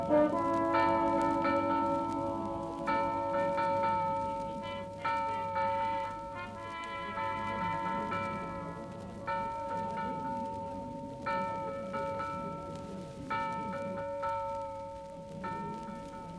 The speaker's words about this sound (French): Maître, maître, la cloche d'alarme, la cloche d'alarme ! L'alarme !